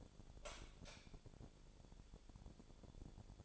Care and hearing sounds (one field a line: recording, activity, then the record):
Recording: daily activity, microphone in the room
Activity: light off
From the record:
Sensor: 5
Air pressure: 1000.2 hPa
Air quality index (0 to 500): 104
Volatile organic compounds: 1 ppm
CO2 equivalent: 836 ppm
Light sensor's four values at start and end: 219/519/223/247 and 218/516/222/246